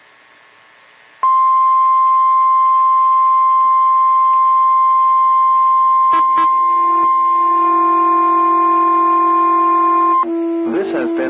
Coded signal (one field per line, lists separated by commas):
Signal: Emergency Alert System (SAME) tones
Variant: 1050 Hz attention tone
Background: speech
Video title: 1/19/22 - KHB37 Required Weekly Test (EAS #339)